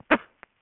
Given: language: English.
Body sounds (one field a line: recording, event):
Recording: throat vibration sensor signal played as sound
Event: cough